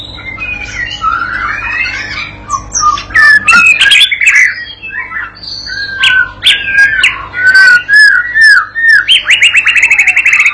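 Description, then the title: White-rumped shama song: varied warbling and sharp whistled phrases building to loud slurs, ending in a fast rattling trill. Masteran (training) recording used to teach and provoke a young shama (paud) to sing energetically (gacor); meant to draw an immediate reply. "MURAI BATU PAUD BELAJAR GACOR, AJARI DENGAN MASTERAN PANCINGAN INI, PANCING LANGSUNG NYAUT"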